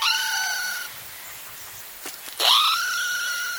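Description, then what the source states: Red squirrel calls: a sustained harsh call rich in harmonics, a pause with a couple of faint clicks, then a sharp rising squeal drawn out into a long note. Red squirrel in Cumbria, England, in October, busy gathering food for the long winter ahead.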